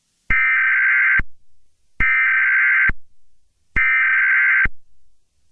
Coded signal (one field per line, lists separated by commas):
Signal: Emergency Alert System (SAME) tones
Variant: header bursts